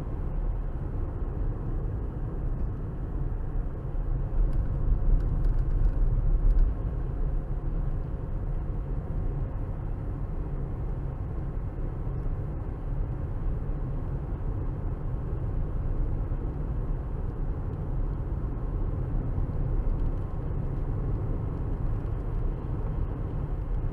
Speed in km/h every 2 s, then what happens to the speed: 68, 66, 64, 64, 64, 64, 66, 68, 68, 68, 68, 69.
0-24 steady at about 66.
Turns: none.